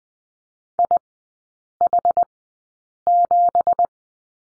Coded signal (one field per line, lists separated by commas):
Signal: Morse code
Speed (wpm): 19 wpm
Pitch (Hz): 700 Hz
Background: none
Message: IH7